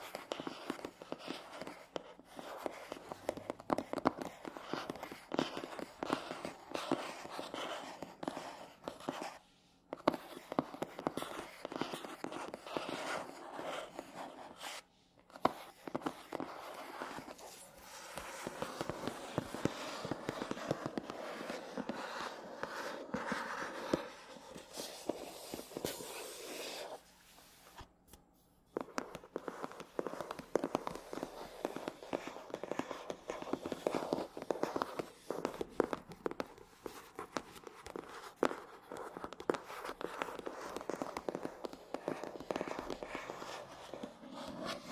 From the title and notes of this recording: Scratchy Tapping on 3 Matte Surfaces (NO TALKING).